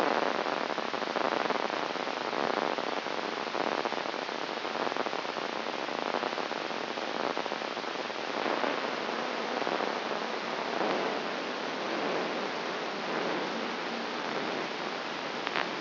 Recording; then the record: brain microelectrode recording played as sound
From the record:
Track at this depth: inside the subthalamic nucleus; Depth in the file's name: 2.945 mm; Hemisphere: right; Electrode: 3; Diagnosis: Parkinson's disease